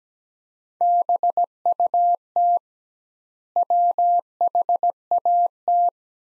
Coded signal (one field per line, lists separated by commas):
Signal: Morse code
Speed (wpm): 17 wpm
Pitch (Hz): 700 Hz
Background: none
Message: BUT WHAT